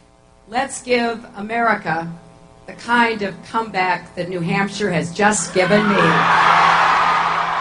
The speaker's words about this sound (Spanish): Lo que hace aquí es abrazar el aplauso, acercarse a él. Casi quiere abrazar a la gente por el ruido que están haciendo, por la respuesta que le dan.